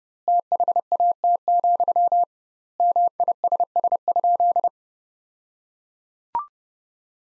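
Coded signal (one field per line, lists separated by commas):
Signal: Morse code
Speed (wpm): 32 wpm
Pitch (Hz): 700 Hz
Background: none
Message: THAT, MISS?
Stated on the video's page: Morse Code Ninja practice: sentences from the top 500 words at 30 wpm with double standard word spacing, a word-based approach analogous to Farnsworth.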